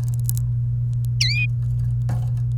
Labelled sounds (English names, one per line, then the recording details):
Domestic Canary song
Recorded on 28 April 2018 at 16:21
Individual llb3